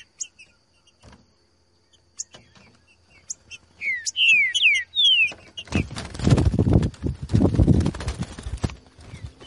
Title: Canto De Trinca Ferro Voz 10. TRINCA FERRO CANTANDO NO MATO. ESQUENTAR TRINCA FERRO